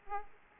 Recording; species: mosquito wingbeat signal from an infrared sensor; Aedes aegypti